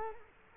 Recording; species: mosquito wingbeat signal from an infrared sensor; Culex quinquefasciatus